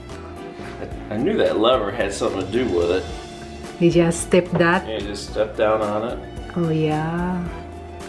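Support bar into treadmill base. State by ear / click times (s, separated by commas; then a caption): not seated / none. A support bar is handled into position on the base of a Fitnation Slimline walking treadmill during unboxing and assembly, with music playing and someone talking throughout. The clip ends before the part goes home, so nothing has seated or clicked yet.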